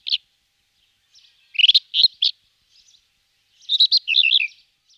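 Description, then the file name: Rufous-tailed scrub robin singing short, varied, rich warbled phrases in a high register, separated by brief pauses, with faint soft notes in between. "Fr meaux Nature - Acrobate roux Rufous Bush Robin"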